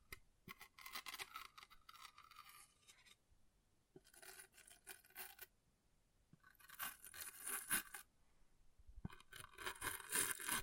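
An object scratches in four bursts of dense, gritty scraping, each lasting one to three seconds, with short quiet gaps and occasional bright clicks.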